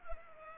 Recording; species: mosquito wingbeat signal from an infrared sensor; Culex pipiens